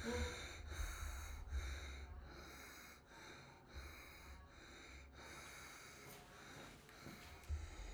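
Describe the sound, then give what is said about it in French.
Laboured, breathless breathing of a man with silicosis, a former miner: a steady run of short, raspy, snorting breaths repeating roughly once a second, with a low rumbling hum underneath throughout. “Je suis tout le temps essoufflé.”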